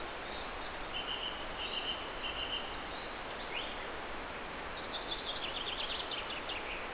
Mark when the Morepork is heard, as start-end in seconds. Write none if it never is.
none